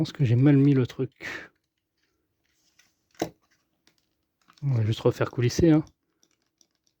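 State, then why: Not seated. A plastic part of a Thanos gauntlet model kit, mounted wrong, is slid back into position, with someone talking before and after. Faint scraping and small ticks from the handling come between about 2.8 and 4.5 s, and a few tiny ticks follow near the end. The part has not yet seated or clicked into place.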